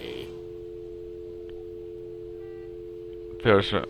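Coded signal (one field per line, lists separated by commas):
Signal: telephone call progress tone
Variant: North America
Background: speech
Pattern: dial tone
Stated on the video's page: From the game Leisure Suit Larry: Reloaded, during walkthrough gameplay.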